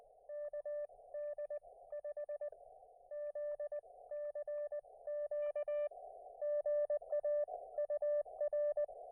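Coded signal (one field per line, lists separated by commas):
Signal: Morse code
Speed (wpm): 18 wpm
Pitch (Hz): 590 Hz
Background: none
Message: KD5ZCQ GA UR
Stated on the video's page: Morse from an unplanned POTA park activation with mediocre band conditions.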